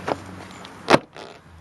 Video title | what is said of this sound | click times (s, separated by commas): 2007 Toyota Camry $Call 918-382-7500 by Midtown Pre-owned Cars & Trucks | yeah I can hear a sound | 0.9 s